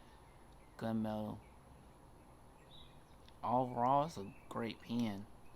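A pen cap is handled over the body of a carbon fiber and gunmetal Monteverde Innova limited edition fountain pen while someone talks, with a faint tap near 3.3 s over quiet background noise. The cap has not yet clicked shut or seated on the body by the end of the clip.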